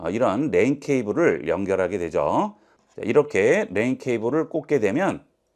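Someone talks while handling an RJ45 network cable at a motherboard's LAN port, about to push it in until its plastic latch clicks. Speech fills most of the clip, with a short pause around 2.5–3.0 s. Nothing has seated or clicked yet.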